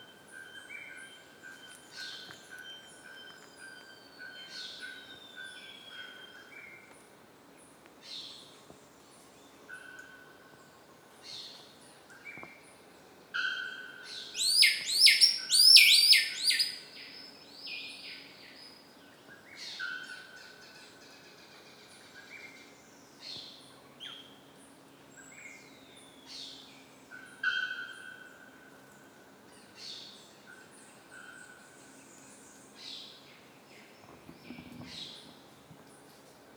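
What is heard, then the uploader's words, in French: Birds sing in a tropical forest, with scattered chirps and whistles throughout and one loud, rapid burst of bright song near the middle, around fifteen seconds in. A steady high insect-like hum runs underneath, with a faint low thump near the end. Oiseaux à Ilha grande #2 (BR). Chants d'oiseaux dans la forêt tropicale de ilha grande, Brésil.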